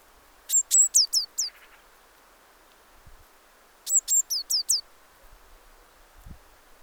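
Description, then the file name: Eurasian blue tit giving two short runs of about five sharp, high, falling notes, with a few soft low thumps. "Cyanistes caeruleus"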